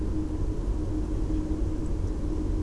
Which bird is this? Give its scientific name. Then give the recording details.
Turdus philomelos. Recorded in Germany. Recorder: ecoPi